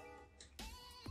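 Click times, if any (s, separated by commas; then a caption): none. A DDR4 memory module is being handled at a motherboard DIMM slot, set into the slot guides and pressed down toward the latch. A faint tap comes at about 0.4 s and a louder scraping contact at about 0.6 s, with a steady musical tone running underneath. Nothing has seated or clicked yet.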